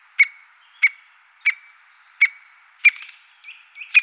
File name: white backed woodpecker